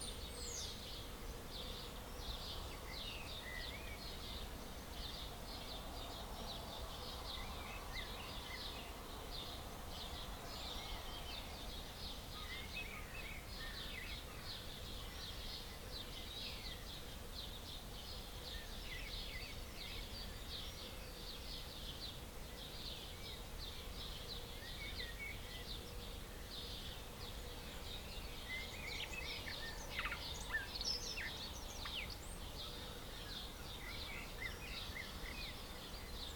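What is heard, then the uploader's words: A dawn chorus of many overlapping birdsongs, with steady high chirping and trills throughout over a constant low rumble, busier around thirty seconds. We play part of a recording from Brian, of the Dawn Chorus from May 2020.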